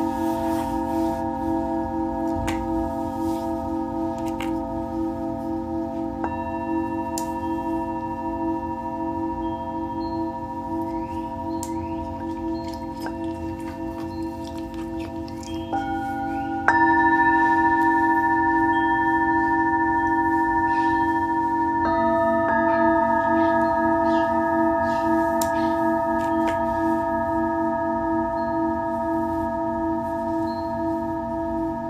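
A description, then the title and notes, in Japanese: Singing bowls ring in long, overlapping sustained tones, their pitches shifting as new bowls are struck around 6, 16, 17 and 22 seconds. A low hum and soft pulsing waver sit beneath. Faint ticks and taps are scattered throughout. メキシコから シンギングボウルのサウンドヒーリング ライブ。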